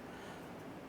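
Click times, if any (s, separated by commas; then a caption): none. A plastic cup-side spacer is handled at the bolt end of a new tailgate support cable for a 2006-2014 Honda Ridgeline, about to be pushed in over a small ridge. Only steady, broadband handling noise is heard with no distinct sharp sound. Nothing has seated or clicked yet.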